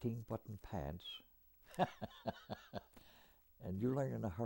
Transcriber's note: laughs